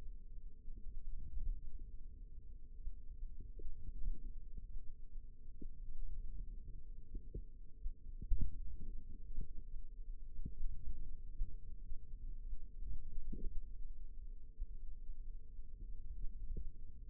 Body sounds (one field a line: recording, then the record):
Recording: forearm muscle sounds (acoustic myography)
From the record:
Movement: hand opening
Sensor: system 2, bracelet of six BSWA MPA416 microphones around the upper forearm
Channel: 3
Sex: female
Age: 22 years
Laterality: right